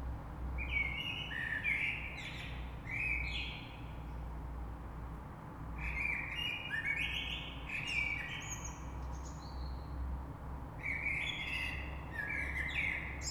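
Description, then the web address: Common blackbird song: mellow fluted warbled phrases ending in high squeaky twitters, three phrases separated by short pauses, over a low steady rumble. Recorded 3 March 2020. "oiseaux Rush Merle 3-3-2020"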